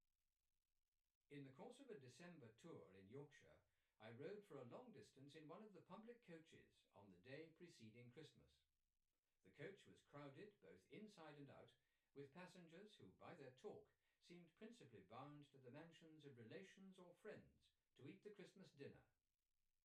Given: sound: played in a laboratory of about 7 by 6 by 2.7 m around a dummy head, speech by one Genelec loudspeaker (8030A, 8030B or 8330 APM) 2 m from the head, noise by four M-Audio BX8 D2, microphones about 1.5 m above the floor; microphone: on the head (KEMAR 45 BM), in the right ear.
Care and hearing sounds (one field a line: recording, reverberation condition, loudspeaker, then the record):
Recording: male speech in English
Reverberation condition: low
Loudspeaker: 60 degrees to the left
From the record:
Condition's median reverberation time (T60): about 310 ms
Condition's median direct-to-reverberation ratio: about 3.5 dB